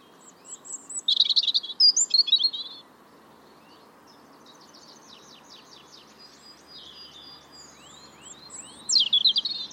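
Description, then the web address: European robin song: a burst of high, thin, varied warbling notes and trills early on, a quiet stretch of faint high twitters, then another sweet phrase at the end. "Deverinetal 2025 File origin Bird Only Er Ru"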